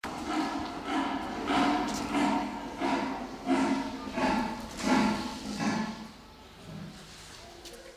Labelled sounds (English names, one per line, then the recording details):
Leopard call
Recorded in captivity
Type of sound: call
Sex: male
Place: Zoo Halle, Sachsen-Anhalt, DE
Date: 1989-04-08 13:13
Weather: sonnig, 18°C
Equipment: Sony WM-D6C, Kopie 19 cm
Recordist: Tembrock, Günter
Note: Rufreihe